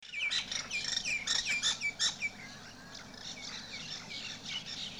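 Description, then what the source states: Parrots giving harsh squawks and shrill chattering notes in quick succession. South America.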